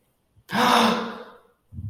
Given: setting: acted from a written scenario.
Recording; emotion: vocal sound without words; elation